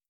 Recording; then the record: hydrophone in a shrimp aquaculture tank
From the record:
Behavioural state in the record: starved